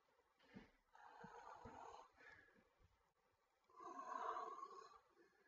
Snoring sounds.